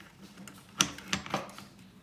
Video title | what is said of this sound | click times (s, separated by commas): Part 3 Reassembling the JTS shotgun | you lock it in place once it's locked in place | 0.8 s